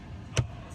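Someone pushes a car's glove box door shut into its latch in the dashboard to see whether it snaps into place. A single sharp, solid thump is heard at 0.4 s against a low background hum. The lid snaps shut and seats in its latch.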